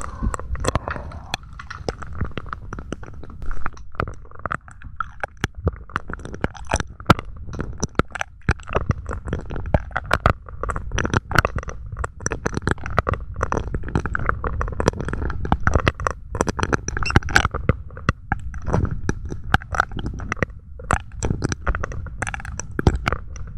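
Dense mouth sounds mix with handling noise from a microphone being gripped, swirled and tapped, filling all 24 seconds without a break. Sharp clicks and taps come many times a second over a low, rumbling, wet churn, with occasional muffled thumps.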